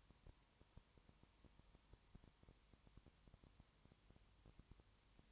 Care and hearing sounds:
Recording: daily activity, microphone in the room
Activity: no activity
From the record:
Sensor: 3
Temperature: 21.1 degrees Celsius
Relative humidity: 37.0%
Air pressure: 1010.6 hPa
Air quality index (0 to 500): 204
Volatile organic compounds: 31 ppm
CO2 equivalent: 2980 ppm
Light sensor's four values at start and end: 2/3/2/2 and 2/3/2/2

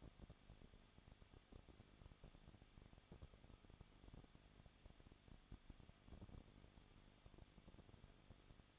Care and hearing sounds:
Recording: daily activity, microphone in the room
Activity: no activity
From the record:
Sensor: 4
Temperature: 23.0 degrees Celsius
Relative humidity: 34.7%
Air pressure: 1007.2 hPa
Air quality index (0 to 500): 215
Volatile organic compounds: 15 ppm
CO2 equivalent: 2499 ppm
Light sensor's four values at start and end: 2/3/1/1 and 2/3/1/1

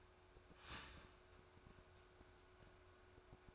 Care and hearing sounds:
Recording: daily activity, microphone in the room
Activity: start toaster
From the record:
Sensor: 2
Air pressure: 1014.5 hPa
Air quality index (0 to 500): 192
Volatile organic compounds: 18 ppm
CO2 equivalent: 2629 ppm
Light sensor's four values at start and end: 4/10/3/4 and 4/10/3/4

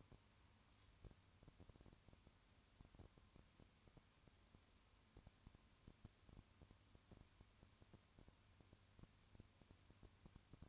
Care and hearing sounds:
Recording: daily activity, microphone in the room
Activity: no activity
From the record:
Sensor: 2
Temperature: 20.3 degrees Celsius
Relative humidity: 35.6%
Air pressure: 1000.9 hPa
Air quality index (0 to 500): 197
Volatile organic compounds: 5 ppm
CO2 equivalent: 1736 ppm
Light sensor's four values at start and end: 2/3/2/2 and 2/3/2/2

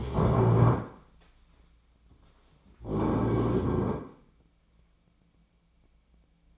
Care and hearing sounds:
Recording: daily activity, microphone in the room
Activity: stand up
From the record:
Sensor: 1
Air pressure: 1009.3 hPa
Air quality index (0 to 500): 177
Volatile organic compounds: 3 ppm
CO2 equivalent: 1494 ppm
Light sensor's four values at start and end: 42/112/46/55 and 40/105/44/51

